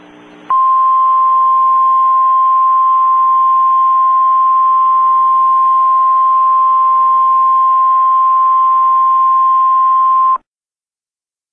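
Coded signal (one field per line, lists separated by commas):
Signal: Emergency Alert System (SAME) tones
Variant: 1050 Hz attention tone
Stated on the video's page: Fictional EAS scenario of a tornado striking a nuclear power plant.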